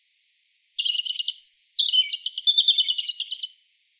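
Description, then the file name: European robin song: a lone high note, then two rattling trilled phrases with a sharp whistle between, steady and clear. "Erithacus rubecula"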